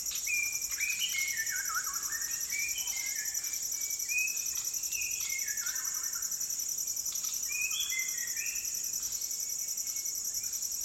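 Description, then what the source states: White-crowned shama song, pure whistled notes stepping down in pitch, with sliding and wavering phrases, set against a loud steady insect drone. Fluting calls in a dusk chorus at sunset over a rainforest valley, Maliau NP, Borneo; recorded with Sony PCM D10, Lom MikroUsi mics and BubbleBee Windbubbles.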